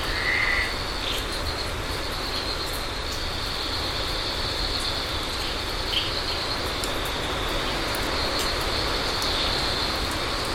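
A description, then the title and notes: Amphibians call through steady rain, a dense, even hiss that holds at one level for the whole clip. A constant high, shrill chorus rides over the rain, with a brief whistle-like call near the start and another short call around six seconds. Rain showers and an amphibian performance. Different species of amphibians vocalising through rain showers. Recorded in Koforidua, Ghana by Samuel Kudjodzi.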